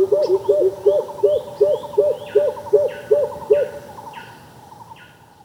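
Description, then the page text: Greater coucal hooting: a steady series of deep, hollow notes about three per second, then stopping, with higher chirping birds in the background. "Greater Coucal Calls. Quick Sounds"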